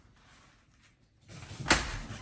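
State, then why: Seated. The handle tube of a Tineco Floor One S5 PRO wet-dry floor vacuum is lined up by its notch and pushed with a little force into the body socket, with a low scraping rise from about 1.3 s. It snaps home with a sharp, loud snap at 1.7 s, and the handle is seated.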